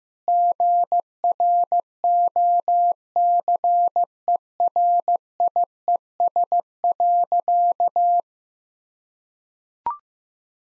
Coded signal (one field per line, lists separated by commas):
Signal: Morse code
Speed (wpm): 15 wpm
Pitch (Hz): 700 Hz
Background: none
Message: GROCERIES.